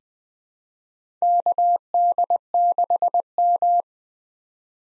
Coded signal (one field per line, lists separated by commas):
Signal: Morse code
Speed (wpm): 20 wpm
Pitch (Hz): 700 Hz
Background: none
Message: KD6M